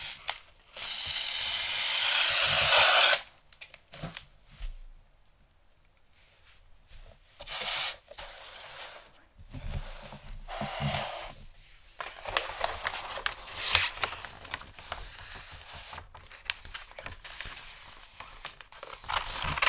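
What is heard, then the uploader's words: Gift wrapping with paper crinkling, tape and scissors. A loud, dense burst of hissing paper noise runs from about one to three seconds, then the sound turns into scattered crackles, rustles and short snips that come in irregular clusters, bright and sharp, with brief quiet gaps. ASMR Xmas Gift Wrapping Intense Crinkle, Tape, Scissors Sounds.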